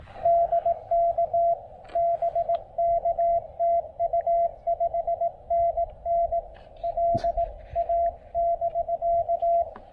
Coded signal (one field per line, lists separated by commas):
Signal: Morse code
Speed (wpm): 18 wpm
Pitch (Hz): 680 Hz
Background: radio noise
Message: DK BK TU 5NN LA <BK>